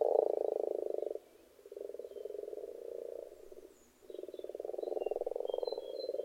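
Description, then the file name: Frogs giving rapid pulsed croaking trills in three bouts separated by quieter gaps. Frogs in a pond. "benboncan frogs-in-a-pond"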